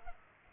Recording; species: mosquito wingbeat signal from an infrared sensor; Culex pipiens